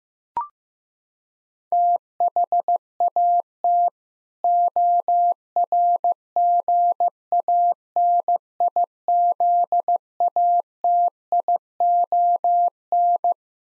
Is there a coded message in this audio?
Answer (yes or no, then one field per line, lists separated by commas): yes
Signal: Morse code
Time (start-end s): 1.7-13.3 s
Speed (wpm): 14 wpm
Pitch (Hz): 700 Hz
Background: none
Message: THAT ORGANIZATION